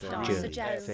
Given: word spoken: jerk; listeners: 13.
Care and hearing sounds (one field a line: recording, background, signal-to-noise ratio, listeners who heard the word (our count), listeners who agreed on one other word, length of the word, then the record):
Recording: one English word in noise, from a listening test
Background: four-talker babble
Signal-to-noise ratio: -0.6 dB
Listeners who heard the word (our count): 1 of 13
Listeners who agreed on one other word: 10 of 13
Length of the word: 0.54 s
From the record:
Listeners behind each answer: 10, 1, 1, 1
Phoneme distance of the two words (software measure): 17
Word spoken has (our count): 1 syllable, 3 phonemes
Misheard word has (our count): 2 syllables, 4 phonemes, stress on syllable 1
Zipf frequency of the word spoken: 3.55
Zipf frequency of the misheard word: 4.91